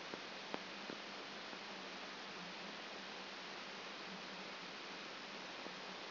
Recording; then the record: brain microelectrode recording played as sound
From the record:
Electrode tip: outside the subthalamic nucleus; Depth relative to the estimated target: -4 mm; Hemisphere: left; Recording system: AlphaMap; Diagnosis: Parkinson's disease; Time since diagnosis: 14 years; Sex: female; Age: 58 years